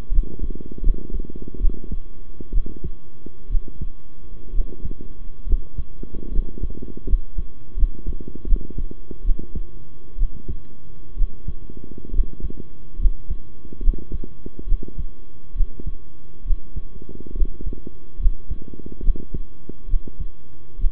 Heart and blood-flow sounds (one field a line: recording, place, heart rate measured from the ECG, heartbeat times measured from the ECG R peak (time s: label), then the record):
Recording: heart sounds by stethoscope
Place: between the tricuspid and mitral areas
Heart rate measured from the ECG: 70 bpm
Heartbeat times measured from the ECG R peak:
0.11 s: heartbeat
0.82 s: heartbeat
1.59 s: heartbeat
2.52 s: heartbeat
3.49 s: heartbeat
4.52 s: heartbeat
5.46 s: heartbeat
6.31 s: heartbeat
7.06 s: heartbeat
7.76 s: heartbeat
8.46 s: heartbeat
9.24 s: heartbeat
10.17 s: heartbeat
11.16 s: heartbeat
12.12 s: heartbeat
12.98 s: heartbeat
13.81 s: heartbeat
14.66 s: heartbeat
15.54 s: heartbeat
16.44 s: heartbeat
17.34 s: heartbeat
18.19 s: heartbeat
19.02 s: heartbeat
19.88 s: heartbeat
20.78 s: heartbeat
From the record:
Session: rest, sitting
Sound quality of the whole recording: good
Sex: male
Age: 23 years